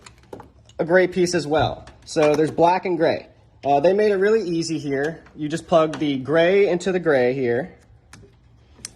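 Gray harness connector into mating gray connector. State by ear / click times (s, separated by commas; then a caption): seated / 8.9 s. Someone talks while installing a DRL wiring harness for Raptor-style grille lights on a Toyota Tacoma, then pushes the gray plastic harness connector into its gray mating connector. A sharp, short click at 8.9 s shows the connector has seated.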